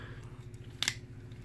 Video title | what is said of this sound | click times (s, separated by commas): Composite EnerJoe Reviews: Transformers Titans Return Deluxe Hardhead | bring this down and then this will click into there | 0.8 s, 0.9 s